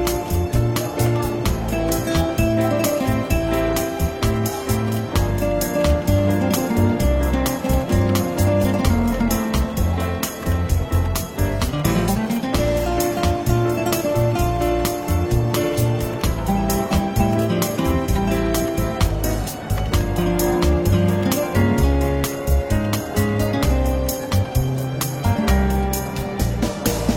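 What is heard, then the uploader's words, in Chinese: Relaxed jazz fills a bookshop café at an even, moderate level for the whole stretch. A steady low bass line moves beneath sustained chords, with light, quick taps and cymbal-like ticks keeping a regular pulse; a brief gliding tone rises near the middle. 伦敦书店咖啡馆轻微喧闹氛围与柔和轻松的爵士背景音乐。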